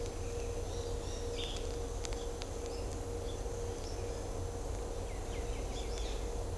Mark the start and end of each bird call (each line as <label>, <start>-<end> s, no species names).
bird call, 1.34-1.58 s
bird call, 5.03-6.15 s